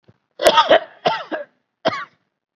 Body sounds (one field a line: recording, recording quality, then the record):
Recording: heavy voluntary cough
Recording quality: excellent, no background noise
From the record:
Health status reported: COVID-19 positive, mild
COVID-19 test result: positive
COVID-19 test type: RT-PCR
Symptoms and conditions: cough, fever, fatigue, hypertension, diabetes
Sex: male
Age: 67 years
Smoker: yes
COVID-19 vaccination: one dose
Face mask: not worn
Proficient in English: no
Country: India